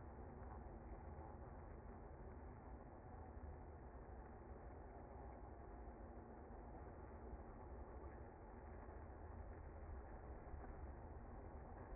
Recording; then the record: honeybee colony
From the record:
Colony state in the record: active